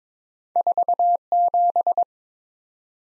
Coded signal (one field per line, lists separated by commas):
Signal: Morse code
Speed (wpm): 22 wpm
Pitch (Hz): 700 Hz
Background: none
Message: 47